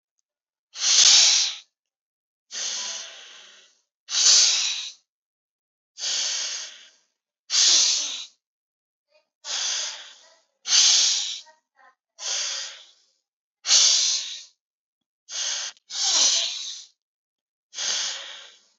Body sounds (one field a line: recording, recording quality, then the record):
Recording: deep breathing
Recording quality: excellent, no background noise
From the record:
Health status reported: exposed to COVID-19, no respiratory illness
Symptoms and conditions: none ticked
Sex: male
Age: 19 years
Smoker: not ticked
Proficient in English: yes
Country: India